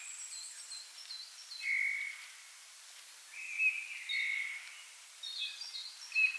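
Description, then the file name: Eurasian bullfinch, a few gentle piping whistles, alongside high chirps from other songbirds in the background. "Pyrrhula pyrrhula"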